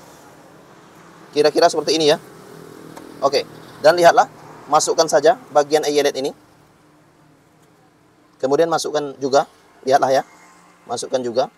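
The first half of a plastic eyelet ring is inserted into a hole in curtain fabric and lined up before the mating half is pressed on, while someone talks. A brief handling sound is heard at about 3.0 s, and nothing has snapped or clicked into place yet.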